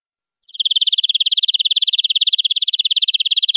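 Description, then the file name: European greenfinch song: a fast, even trill of buzzy notes around a steady pitch, held for about three seconds without pause; no other sounds. "greenfinch eropa omkicau"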